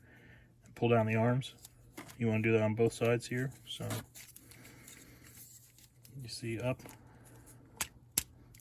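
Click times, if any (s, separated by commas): 8.2 s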